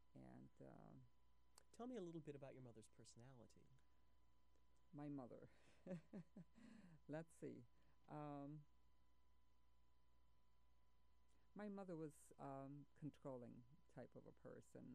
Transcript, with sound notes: And,
Tell me a little bit about your mother's personality.
My mother,, [Laughs] let's see. My mother was a controlling type of a person.